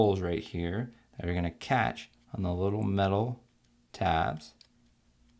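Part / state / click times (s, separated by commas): plastic scissor hinge onto laptop keyboard metal tabs / not seated / none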